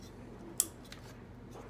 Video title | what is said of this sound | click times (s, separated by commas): River Mountain Model Railroad - Workshop Wednesday - Episode 1 - Repainting Digitrax UP5 | heard it snap and I'm gonna put | 0.6 s